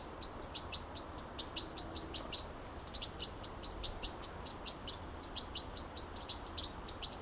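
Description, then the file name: European goldfinch calls, a quick liquid twitter of high notes, each sliding slightly down, delivered in bursts throughout. "Carduelis carduelis"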